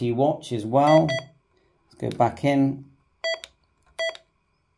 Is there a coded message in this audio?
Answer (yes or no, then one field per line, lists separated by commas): no